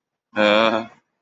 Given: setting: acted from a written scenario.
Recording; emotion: vocal sound without words; shame